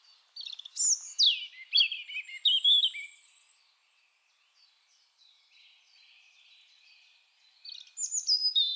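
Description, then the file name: European robin singing varied high, thin warbled phrases with sharp falling slurs, a pause of soft faint notes, then a bright new phrase near the end. "Erithacus rubecula"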